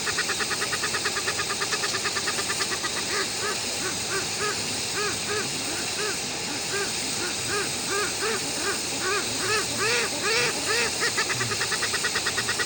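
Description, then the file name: Westland petrel song: fast pulsing notes, then longer arched, cackling calls, over background hiss throughout. "westland black petrel song"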